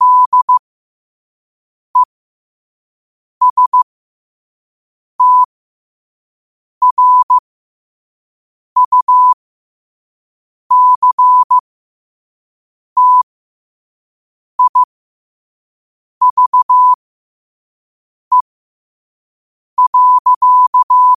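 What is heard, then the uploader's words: Morse code sent slowly as a single steady tone, short dots and longer dashes keyed in small groups with clear silent gaps between them. The pitch stays fixed and clean throughout, with nothing else audible in the background. Morse Code at 5 words per minute.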